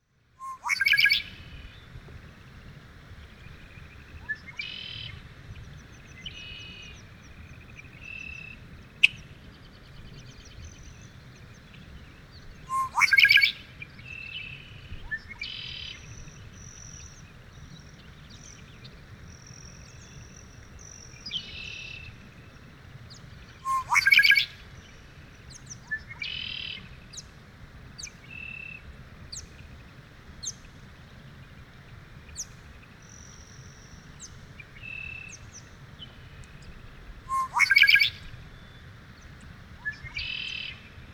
Red-winged Blackbird song and call recorded in Moraine Park in Rocky Mountain National Park.